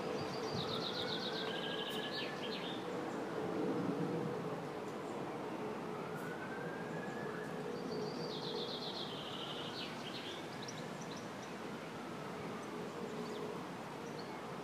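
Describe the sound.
Bird song: two high trilled phrases that descend in steps, with faint rising sweeps and a steady hiss and rumble throughout.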